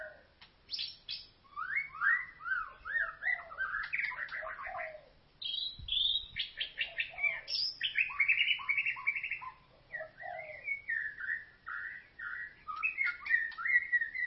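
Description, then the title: White-rumped shama song, a continuous stream of mixed whistled phrases, rapid trills and sharp ticking notes. "Kicau Murai Batu"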